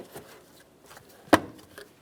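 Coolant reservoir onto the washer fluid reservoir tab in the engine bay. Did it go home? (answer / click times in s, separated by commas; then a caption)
yes / 1.8 s. A plastic coolant overflow reservoir on a 2007-2017 Jeep Patriot is slid over the tab on the washer fluid reservoir in the engine bay, lined up and pressed in. A sharp knock sounds around 1.3 seconds, followed by a short click at 1.8 seconds as the reservoir snaps onto the mounting tab and is seated.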